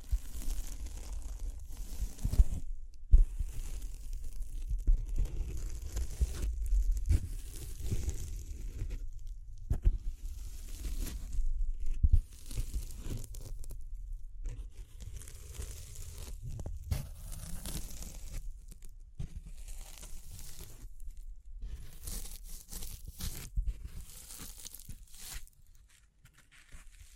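Tapping, scratching, brushing and crinkling sounds run in dense, irregular bursts throughout, with a constant low rumble underneath. Short crisp crackles and scrapes come several times a second, broken by brief pauses near 3, 9 and 12 seconds, and fade slightly toward the end.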